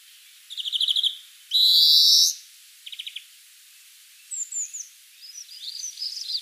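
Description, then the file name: European greenfinch: a rapid rattling trill, then a loud drawn-out buzzy wheeze, another short trill, and softer twittering chirps toward the end. "Chloris chloris"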